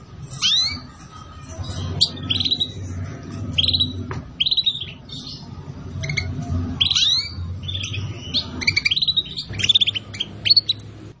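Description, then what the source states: Atlantic canary song, busy phrases of bright chirps, slurred whistles and quick trills following each other closely, with low background hum throughout. Song used as a lure to attract birds.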